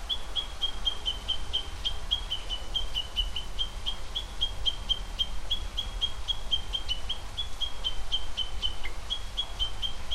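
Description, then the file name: Japanese bush warbler alarm call: a steady chain of short, sharp ticking notes, about three each second, over a constant low rumble. "uguisukeikai"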